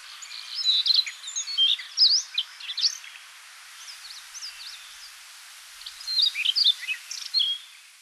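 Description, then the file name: Siberian rubythroat song: varied, scratchy high warbling phrases with quick twisting notes, a pause of a few seconds, then another bright warbled burst. Recorded in Hokkaido on 24 June 2005. "nogoma 050624 hokkaidou kaji"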